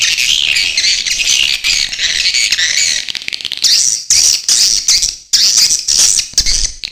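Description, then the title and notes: Swiftlet twittering, loud high chirping chatter, broken later into separate bursts of thin trilled calls with brief gaps. Swiftlet calls used as a lure sound in swiftlet bird farming, Asia. "Swiflet Bird Sound. Farming Swiflet Bird asia sound"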